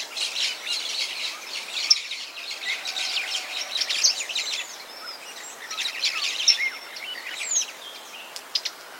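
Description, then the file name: Maroon-bellied parakeet, shrill overlapping chatter in long bursts, easing briefly around two seconds, with scattered clear whistles later. "canto da tiriba de testa vermelha"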